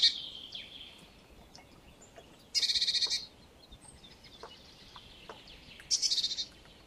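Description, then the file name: Great tit churring call, two loud buzzy rattles separated by about three seconds, with fainter chatter and soft background noise between. "Parus major"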